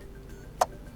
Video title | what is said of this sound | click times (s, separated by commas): DJI Osmo Action 6 – How to Change Battery | This click, as you can see, the final click, and now we need to just only close it somehow. | 0.6 s